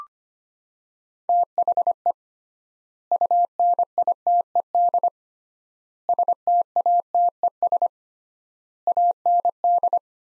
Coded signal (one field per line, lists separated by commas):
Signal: Morse code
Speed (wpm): 25 wpm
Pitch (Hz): 700 Hz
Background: none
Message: THE UNITED STATES AND